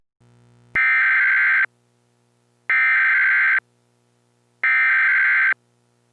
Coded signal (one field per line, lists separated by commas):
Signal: Emergency Alert System (SAME) tones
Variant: header bursts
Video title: The Enigma Part 1: An EAS Mock Scenario